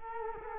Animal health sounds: mosquito wingbeat signal from an infrared sensor; Culex quinquefasciatus

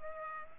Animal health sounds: mosquito wingbeat signal from an infrared sensor; Culex pipiens

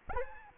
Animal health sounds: mosquito wingbeat signal from an infrared sensor; Anopheles arabiensis

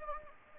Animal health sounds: mosquito wingbeat signal from an infrared sensor; Anopheles gambiae

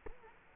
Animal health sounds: mosquito wingbeat signal from an infrared sensor; Culex quinquefasciatus

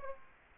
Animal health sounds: mosquito wingbeat signal from an infrared sensor; Aedes aegypti

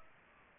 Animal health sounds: mosquito wingbeat signal from an infrared sensor; Aedes aegypti

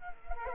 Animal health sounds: mosquito wingbeat signal from an infrared sensor; Culex quinquefasciatus

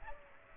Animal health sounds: mosquito wingbeat signal from an infrared sensor; Aedes aegypti

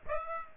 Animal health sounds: mosquito wingbeat signal from an infrared sensor; Aedes aegypti

